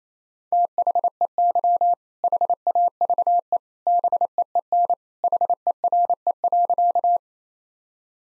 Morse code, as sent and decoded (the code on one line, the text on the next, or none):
- .... . -.-- / .... .- ...- . / -... . . -. / .... . .-. . .-.-.-
THEY HAVE BEEN HERE.